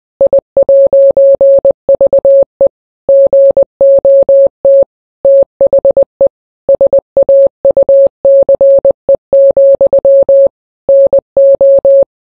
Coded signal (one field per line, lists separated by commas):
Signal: Morse code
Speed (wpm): 20 wpm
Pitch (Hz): 550 Hz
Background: none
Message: I'VE GOT THE SAUCE, NO